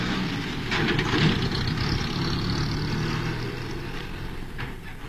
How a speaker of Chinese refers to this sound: 忽然一辆小汽车开到他身边，猛然刹住。 哎，你们干什么？ 下来几个人蒙住他的头，把他拖进小汽车。 开车。